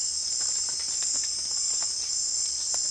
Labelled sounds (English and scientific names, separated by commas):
none